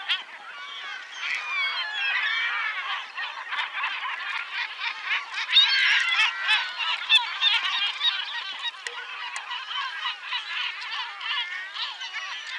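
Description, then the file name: Yellow-legged gull calls: a dense, continuous chorus of harsh, overlapping yelping and laughing notes from many gulls. "Goéland leucophée (Larus michahellis) - Cris et chants"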